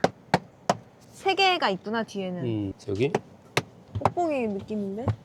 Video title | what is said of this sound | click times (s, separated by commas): 세상에서 최~~~~고로 깔끔한 테슬라 충전선 정리. 이제 계기판 없어도 됨!(선 매립의 정석!) | 여기도 다 뜯었으니까 여기도 딸깍딸깍 눌러 주면 됩니다. | 0.0 s, 0.3 s, 0.7 s